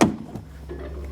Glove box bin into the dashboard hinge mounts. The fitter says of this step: until it clicks on each side